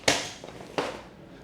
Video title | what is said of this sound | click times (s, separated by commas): Golden Cricket LT Lightweight Folding Powerchair - Unboxing and Assembly | unclick them, down here you have this little tab. You just squeeze that in and it will go down. | 0.1 s, 0.8 s